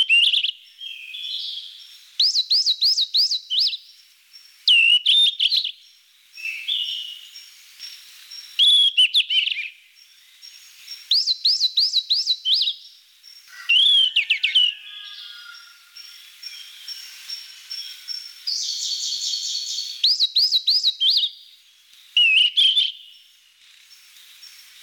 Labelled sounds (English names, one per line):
Yellow-rumped Flycatcher song